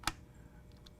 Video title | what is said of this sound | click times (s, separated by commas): How to Set Up the Orion Observer 80ST 80mm Equatorial Refractor Telescope Orion Telescopes | slide it in from the back end and you'll feel it kind of click into place just | 0.1 s